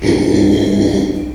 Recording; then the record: squeal of a Yucatan mini pig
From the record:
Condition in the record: after surgery on the right vocal fold (resection and tissue-engineered implant); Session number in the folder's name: 2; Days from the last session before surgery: 13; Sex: male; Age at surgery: 12 weeks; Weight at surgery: 13 kg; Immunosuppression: cyclosporine, prednisolone